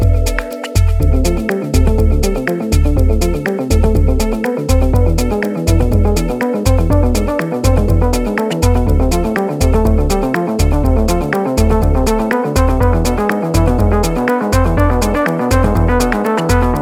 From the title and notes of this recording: Black Rock Desert Deep Recording. Recorded live from an undisclosed private hot springs located just outside Gerlach, Nevada.